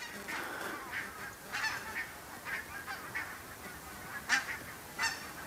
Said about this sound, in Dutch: Ik hoor intussen ook dat er een hele club brandganzen overkomt.